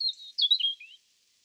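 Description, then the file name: European robin song: a brief, high phrase of slurred, falling whistles lasting about a second, then quiet. "Erithacus rubecula"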